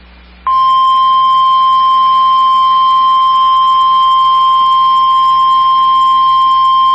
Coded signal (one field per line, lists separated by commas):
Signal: Emergency Alert System (SAME) tones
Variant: 1050 Hz attention tone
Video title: EAS 4614-4618 Tests from 1/25/23